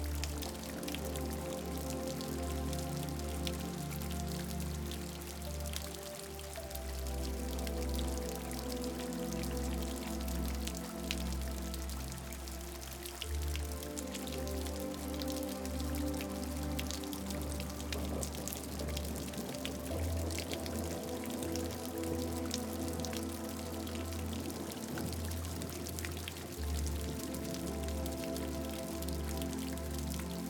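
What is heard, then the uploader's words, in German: Raindrops patter steadily over a soft, calm melody of sustained low tones that shift slowly every few seconds. The rain forms a dense, even, fine-grained hiss with occasional brighter drips, while the deep bass notes hold underneath at a constant, gentle level. Regentropfen und RUHIGE Melodie. Das sanfte Geräusch von Regentropfen sich mit einer ruhigen Melodie verwebt.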